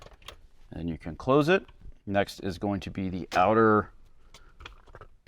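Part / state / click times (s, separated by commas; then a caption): plastic cubby door into the center console / seated / 0.3 s. A plastic cubby door is worked back into the center console of a 2003–2009 Toyota 4Runner the same way it was pulled out, then pushed down until it clicks into place with a sharp snap at 0.3 s. Someone talks, followed by a few faint taps near the end.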